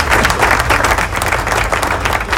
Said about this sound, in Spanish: ¡Aplausos, aplausos!